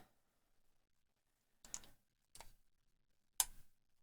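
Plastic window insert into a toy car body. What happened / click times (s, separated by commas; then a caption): The plastic window insert snapped into the toy car body / 3.4 s. A plastic window insert is pressed into the body of a Siku die-cast toy Mini car kit, with soft handling clicks around 1.7 s and 2.4 s. A sharp, bright click at 3.4 s marks it seating, followed by a faint tap at the very end. The window clicks into place but later comes back out.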